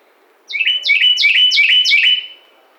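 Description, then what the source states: Carolina wren: five loud, repeated downslurred notes in quick succession over about two seconds, against a quiet background. Recorded 14 July 2009.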